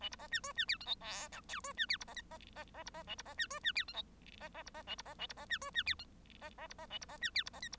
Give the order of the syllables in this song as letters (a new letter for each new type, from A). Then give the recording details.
A B C D E D F G H I J K E D F B C L C C C B C A B C D E D F G H C C B C A B C A B C D E D F G C C B C A B C D F B C L B. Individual Bird1